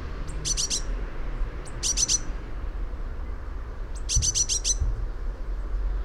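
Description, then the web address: Eurasian blue tit calls: three bursts of quick, high-pitched notes, each of several notes, with low rumbling noise beneath. "fugl b-mejse"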